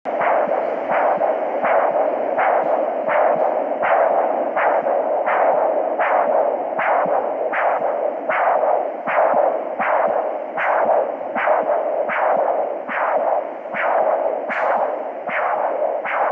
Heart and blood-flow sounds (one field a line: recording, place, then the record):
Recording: Doppler ultrasound of blood flow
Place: carotid artery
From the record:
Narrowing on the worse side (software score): normal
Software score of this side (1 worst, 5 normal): 5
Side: left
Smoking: never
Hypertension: no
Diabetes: no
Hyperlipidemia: no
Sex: female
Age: 18 years